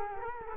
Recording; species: mosquito wingbeat signal from an infrared sensor; Culex quinquefasciatus